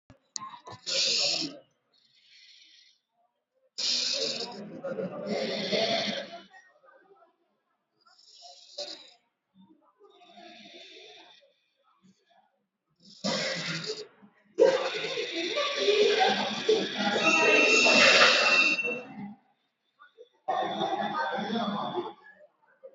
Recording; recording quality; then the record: shallow breathing; excellent, no background noise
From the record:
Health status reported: COVID-19 positive, no symptoms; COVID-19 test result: positive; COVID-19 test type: RT-PCR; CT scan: not taken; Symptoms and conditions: cold, sore throat, fatigue, loss of smell and taste, diarrhoea, another condition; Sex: female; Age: 37 years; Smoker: no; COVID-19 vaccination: one dose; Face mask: worn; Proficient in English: yes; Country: India